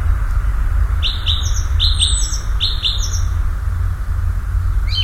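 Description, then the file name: Common nightingale song: paired whistled notes repeated in a few quick groups, with higher ticking notes above, over constant low rumbling noise. "Nachtigall"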